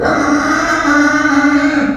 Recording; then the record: squeal of a Yucatan mini pig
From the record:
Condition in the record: after surgery on the right vocal fold (resection and tissue-engineered implant); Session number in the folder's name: 7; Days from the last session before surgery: 47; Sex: female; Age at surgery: 19 weeks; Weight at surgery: 25 kg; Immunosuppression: prednisolone